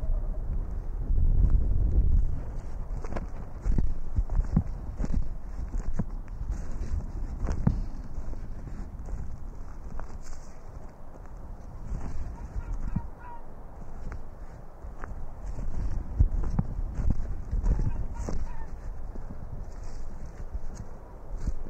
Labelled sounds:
Arctic Fox

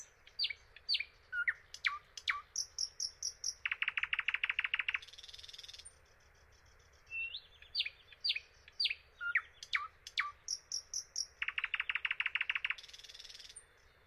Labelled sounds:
Thrush Nightingale song

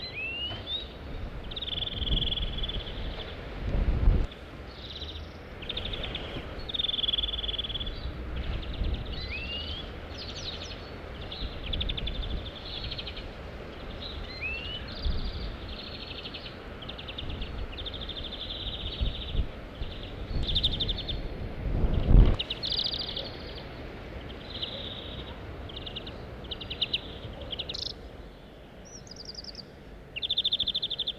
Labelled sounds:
European Greenfinch call

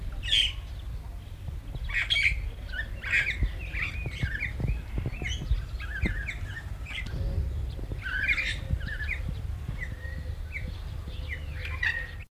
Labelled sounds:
Pied Myna song

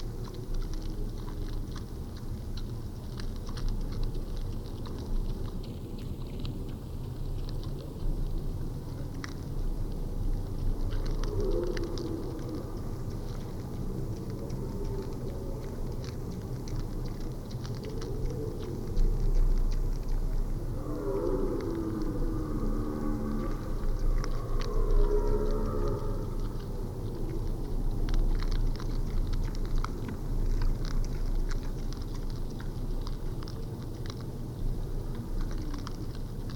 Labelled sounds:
Wild Boar call

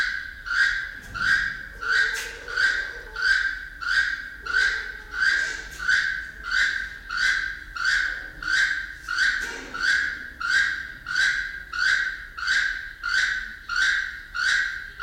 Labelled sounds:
Keel-billed Toucan call

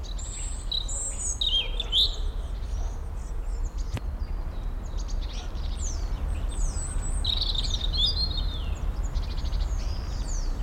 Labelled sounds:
European Robin

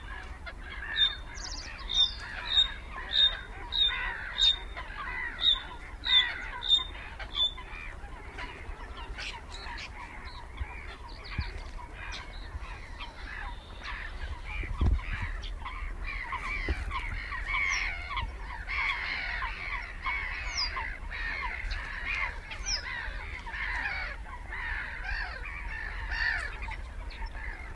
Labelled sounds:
Bluethroat song

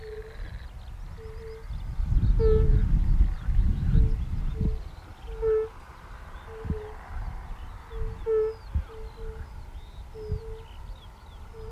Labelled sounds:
Fire-Bellied Toad call

